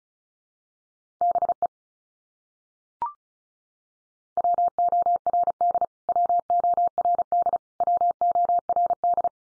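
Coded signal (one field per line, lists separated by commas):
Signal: Morse code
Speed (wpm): 34 wpm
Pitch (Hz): 700 Hz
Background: none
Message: BE WORD WORD WORD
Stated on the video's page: Top 100 English words head-copy drill at 35wpm, each word sent three times, spoken, then sent again.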